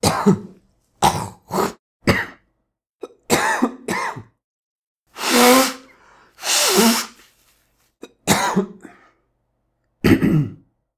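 An adult blows the nose, coughs and clears the throat in a series of short bursts, with two longer, broad rushing blows in the middle.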